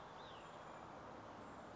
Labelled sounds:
Cassin's Vireo
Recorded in Sonoma County, California

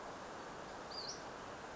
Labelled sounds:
Western Flycatcher
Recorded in Sonoma County, California

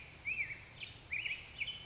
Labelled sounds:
Black-headed Grosbeak
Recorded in Sonoma County, California

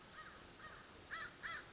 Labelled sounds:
American Crow
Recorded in Sonoma County, California

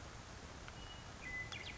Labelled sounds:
Western Meadowlark
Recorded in Sonoma County, California

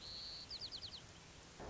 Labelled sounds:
White-crowned Sparrow
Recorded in Sonoma County, California

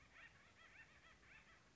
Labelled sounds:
Acorn Woodpecker
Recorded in Sonoma County, California

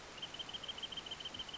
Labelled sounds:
Wrentit
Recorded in Sonoma County, California

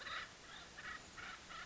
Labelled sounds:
Acorn Woodpecker
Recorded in Sonoma County, California

